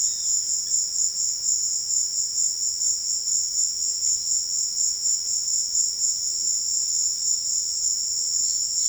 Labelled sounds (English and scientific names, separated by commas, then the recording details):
none
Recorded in secondary vegetation near Puerto Asís, Putumayo, Colombia, on 13 March 2025 at 15:30
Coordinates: 0.488, -76.319
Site G095